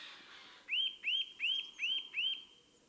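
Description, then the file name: Eurasian nuthatch calling: five clear, rising-then-falling whistled notes in an even series, about one every third of a second, over a quiet background hiss. "Sitta europaea"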